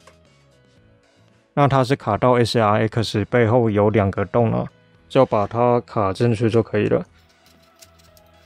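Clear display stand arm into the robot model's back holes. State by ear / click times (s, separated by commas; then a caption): seated / 7.8 s, 8.2 s. A clear plastic display stand is pushed into two holes on the back of the combined plastic SRX robot model kit while someone talks. Two small clicks come at 7.8 s and 8.2 s as the stand's pegs snap into place and the stand is seated.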